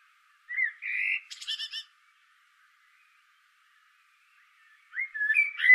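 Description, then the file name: Common blackbird with a clear whistled note and a sustained warble, then a harsh, high twittering tail; after a pause a rising fluted phrase returns. "Turdus merula"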